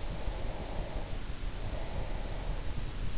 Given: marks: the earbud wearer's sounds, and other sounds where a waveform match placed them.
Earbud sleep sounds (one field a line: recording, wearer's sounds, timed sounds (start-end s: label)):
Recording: sounds in sleep by an in-ear microphone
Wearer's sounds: breath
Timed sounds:
0.14-3.02 s: breath